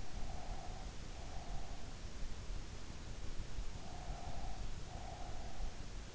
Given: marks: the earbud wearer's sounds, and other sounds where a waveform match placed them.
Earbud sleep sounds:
sounds in sleep by an in-ear microphone; breath
0.00-2.11 s: breath
3.64-6.04 s: breath

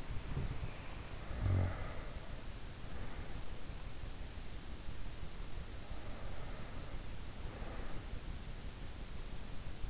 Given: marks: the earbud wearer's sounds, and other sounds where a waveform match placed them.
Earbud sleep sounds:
sounds in sleep by an in-ear microphone; snoring breath
0.00-2.29 s: snoring breath

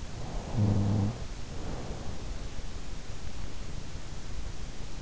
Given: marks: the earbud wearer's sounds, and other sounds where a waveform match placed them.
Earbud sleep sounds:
sounds in sleep by an in-ear microphone; snoring breath
0.20-2.54 s: snoring breath

